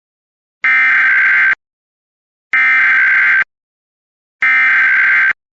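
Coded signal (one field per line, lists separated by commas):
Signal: Emergency Alert System (SAME) tones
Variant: header bursts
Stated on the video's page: Real, valid EAS tones for a Child Abduction Emergency from Austin, Texas.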